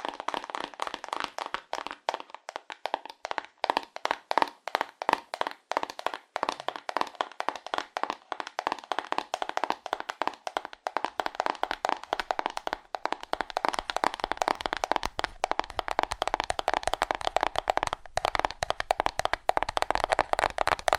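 Cardboard is tapped fast and hard in a rapid, uneven flurry of sharp, papery knocks that runs through the whole 21 seconds. The hits are dense and mostly midrange to bright, with only brief gaps, including a short pause near 18 seconds.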